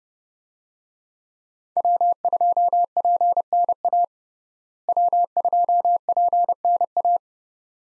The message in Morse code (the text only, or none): W2PNA W2PNA